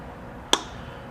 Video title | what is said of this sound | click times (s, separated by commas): Kenmore Ultra Stitch 8 Threading | and your bobin Winder snaps into place | 0.5 s